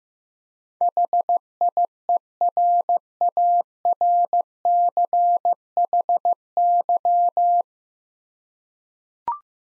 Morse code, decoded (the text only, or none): HIERARCHY